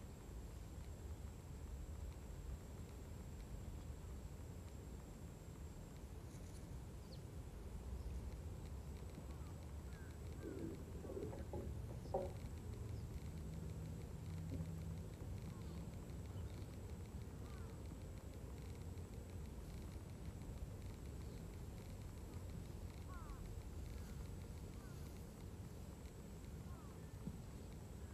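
Rice is harvested with a binder machine, its engine a steady low rumble through the whole stretch. Around the middle come brief rustles and knocks, and faint voices or birds drift in now and then.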